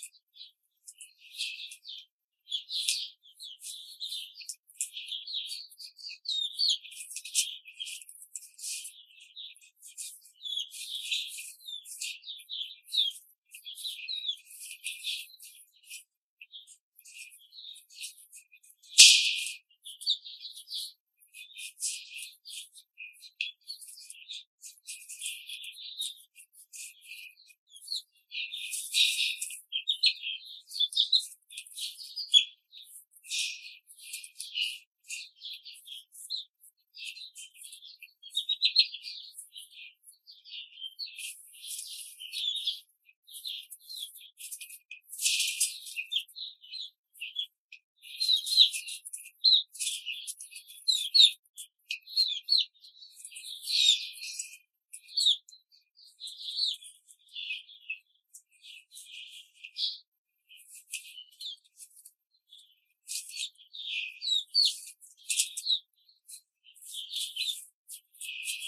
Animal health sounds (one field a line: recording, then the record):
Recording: young laying hens in a cage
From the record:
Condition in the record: control cage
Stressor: none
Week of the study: 5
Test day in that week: 1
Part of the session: 1